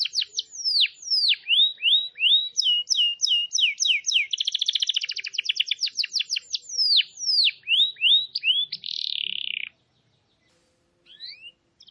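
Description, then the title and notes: Canary song of repeated falling whistles and rapid trills with a buzzy phrase, then near silence with a few faint notes at the end. Lure recording (pikat) meant to attract birds. "Pikat Burung Baru. kenari"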